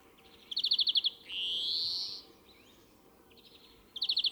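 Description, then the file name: European greenfinch with a fast trill, then a drawn-out wheezy rising buzz, quiet twitters, and another trill starting at the end. "Chloris chloris"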